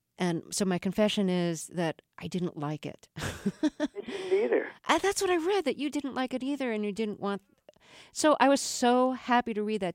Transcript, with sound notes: And so my confession is that I didn't like it (laughter).
Me neither.
That's what I read - that you didn't like it either and you didn't want - so I was so happy to read that.